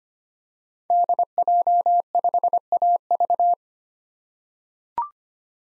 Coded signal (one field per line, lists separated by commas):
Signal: Morse code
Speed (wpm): 25 wpm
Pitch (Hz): 700 Hz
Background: none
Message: DJ5AV